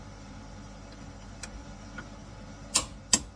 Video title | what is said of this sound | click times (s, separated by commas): Mercedes W221 S600 front control arms and outer tie rod replacement plus ABC strut ball joint part 2 | Anyway, let's see if we hear the click. There you go, that's | 3.1 s